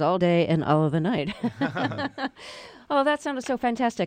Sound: soundbite of laughter

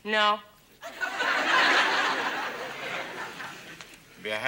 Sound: laughter

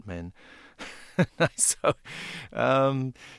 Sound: laughter

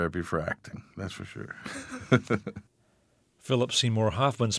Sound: soundbite of laughter

